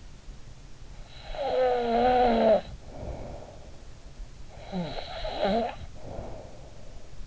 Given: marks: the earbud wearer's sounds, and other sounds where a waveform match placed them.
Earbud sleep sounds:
sounds in sleep by an in-ear microphone; snoring breath
1.10-3.78 s: snoring breath
4.56-7.13 s: snoring breath

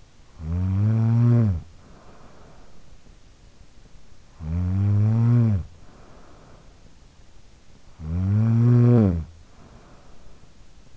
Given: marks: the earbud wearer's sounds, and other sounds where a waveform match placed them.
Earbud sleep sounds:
sounds in sleep by an in-ear microphone; snoring breath
0.00-3.17 s: snoring breath
4.01-7.21 s: snoring breath
7.72-10.97 s: snoring breath

